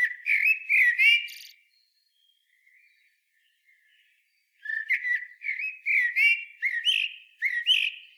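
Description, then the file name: Common blackbird singing a fluty phrase, a few soft notes, then a longer run of repeated warbled whistles with scratchy high accents. "Turdus merula"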